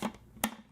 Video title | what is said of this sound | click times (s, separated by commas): How to EASILY Load a Roll of 120 Film for Developing in a Paterson Tank. | that till it clicks and it's like tight so you can pour your chemicals inside there right | 0.4 s